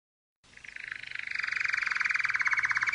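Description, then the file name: Canary song: a fast, even rolling trill of pulsed notes that starts softly and swells louder over about two and a half seconds. "Canary Voice"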